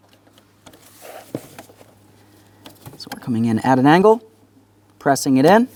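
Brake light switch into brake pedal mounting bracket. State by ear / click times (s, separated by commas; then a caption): not seated / none. Someone lines up the plastic brake light switch with the brake pedal mounting bracket on a 2008-2016 Chrysler Town & Country, bringing it in at an angle before pressing it in. Faint handling taps and knocks come between about 1.4 and 3.1 seconds, then someone talks. Nothing has seated or clicked yet.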